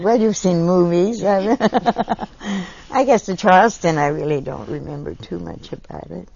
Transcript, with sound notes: Well you've seen movies, you have that. (both laugh) I guess, the Charleston. I really don't remember too much about it.